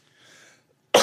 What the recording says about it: Had Covid Again! that dry popcorn fart cough. It's so unproductive. You get like a 10, 15 second cough attack and it's like nothing comes out.